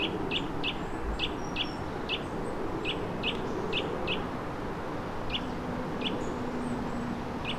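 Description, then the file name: Eurasian nuthatch calls: short, sharp notes given singly or in small groups with pauses, over low background rumble and faint thin high squeaks. "Sitta europaea"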